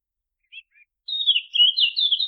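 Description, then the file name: Eurasian blackcap gives two faint short notes, then breaks into a loud, rapid warbling phrase with clear fluty notes that is still going at the end. "Sylvia atricapilla"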